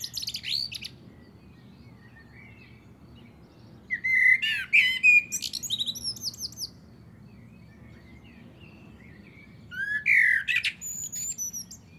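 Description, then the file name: Common blackbird song in three separated phrases of mellow whistles and rapid, high-pitched squeaky twittering, with quiet gaps between. "Turdus merula"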